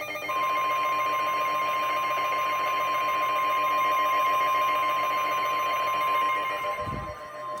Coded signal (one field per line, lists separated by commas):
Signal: Emergency Alert System (SAME) tones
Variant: 1050 Hz attention tone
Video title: A EHCHANCED RISK OF THE TORNADO EAS 100!!! EAS Alerts from 1/24/23 (EAS#81 & #115)